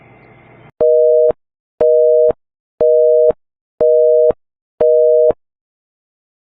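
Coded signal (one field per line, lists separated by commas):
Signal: telephone call progress tone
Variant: North America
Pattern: busy tone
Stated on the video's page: Fictional EAS scenario made with EAS tools, not a real alert.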